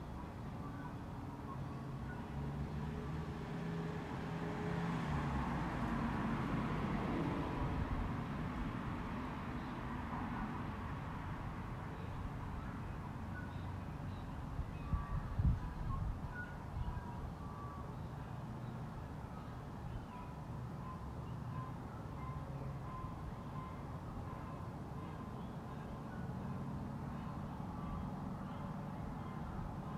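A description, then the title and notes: A quiet neighbourhood with a steady low rumble of traffic throughout, swelling as a vehicle passes around five to eight seconds. Short clicks and knocks cluster near fifteen seconds, and faint bird chirps come and go over the constant background hum. Quiet residential noise. Regular traffic nearby, with the odd car driving past. Soft distant noise of construction randomly.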